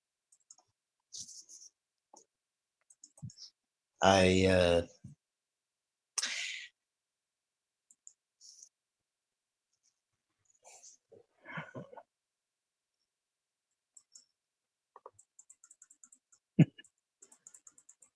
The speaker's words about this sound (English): I can hear you. I can hear you clicking that button.